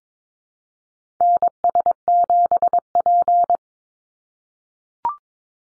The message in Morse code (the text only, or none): NS7P